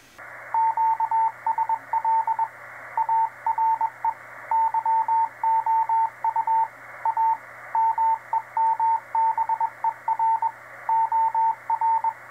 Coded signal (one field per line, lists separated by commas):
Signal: Morse code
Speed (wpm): 21 wpm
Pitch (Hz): 900 Hz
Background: radio noise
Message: QSL ARE YOU A MEMBER OR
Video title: Is 6 Meters the Best Ham Radio Band???